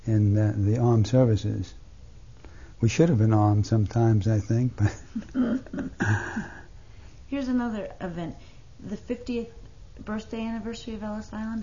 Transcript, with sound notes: in the armed services. We should have been armed sometimes I think. (He laughs.)
Here's another event. The fiftieth birthday anniversary of Ellis Island.